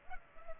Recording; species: mosquito wingbeat signal from an infrared sensor; Culex pipiens